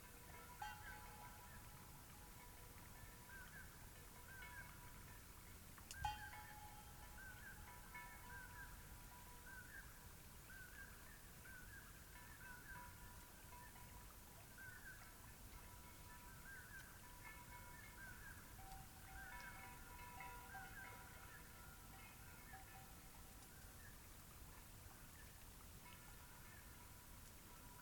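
A cloudy night beside Taylor Lake: a steady, quiet hush with a soft low rumble underneath. Faint repeated chirping calls run throughout, growing busier after the midpoint, and a single sharp tick stands out around six seconds.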